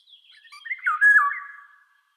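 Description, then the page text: Eurasian golden oriole giving a mellow, yodelling whistle that rises and drops in quick loops, introduced by a few faint, thin notes. "Иволга обыкновенная (Oriolus oriolus) - Пение"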